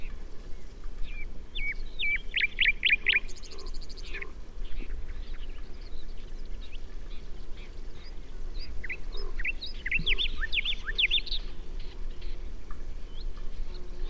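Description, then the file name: Common nightingale singing varied phrases: rapid repeated whistled notes, a buzzy rattle, then scattered chirps and a second burst of quick notes over low rumbling noise. "Luscinia megarhynchos"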